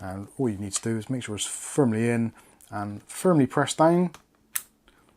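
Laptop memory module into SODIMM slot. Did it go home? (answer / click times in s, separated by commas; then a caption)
yes / 4.6 s, 4.9 s. Someone talks while a SODIMM memory stick, inserted at about a 15-degree angle into the SODIMM slot of an old HP 15 Series Intel N4000 laptop, is pressed down firmly. Two sharp clicks follow at 4.6 s and 4.9 s as the retaining clips on both sides lock, and the module is seated.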